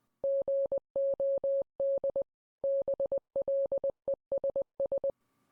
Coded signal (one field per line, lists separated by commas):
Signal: Morse code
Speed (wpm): 20 wpm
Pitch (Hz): 550 Hz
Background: none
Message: GOD BLESS